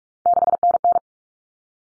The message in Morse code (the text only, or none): 6NN